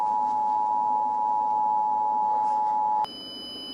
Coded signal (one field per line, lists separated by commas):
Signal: Emergency Alert System (SAME) tones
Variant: 853 and 960 Hz attention tone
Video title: Emergency Broadcast System Tier List - JellyMelon97